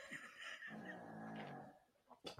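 A single low, rumbling, buzzy snore from a pet dog, Lily, in a small room, about one second long.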